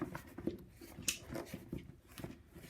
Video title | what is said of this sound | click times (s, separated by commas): How to change a tyre | You can hear it click off. | 1.1 s